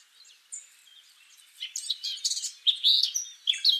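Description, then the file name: Eurasian blackcap song, a short stretch of scratchy, twittering notes building into brighter whistled elements, over a faint background hiss. "Sylvia atricapilla"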